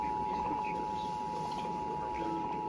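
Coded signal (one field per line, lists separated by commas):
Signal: Emergency Alert System (SAME) tones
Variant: 853 and 960 Hz attention tone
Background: speech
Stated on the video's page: Required monthly test relayed by a Sage Endec into a Trilithic EASyCAST.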